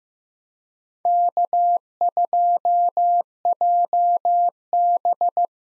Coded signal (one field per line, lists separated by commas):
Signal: Morse code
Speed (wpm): 15 wpm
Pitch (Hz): 700 Hz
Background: none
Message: K2JB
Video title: 2023 SOTA Chaser Call Signs - 15wpm